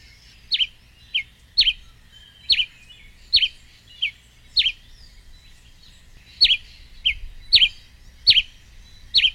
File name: canto da pipira preta